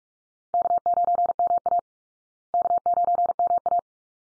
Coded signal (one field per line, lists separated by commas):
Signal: Morse code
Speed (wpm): 44 wpm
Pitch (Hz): 700 Hz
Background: none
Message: K9MA K9MA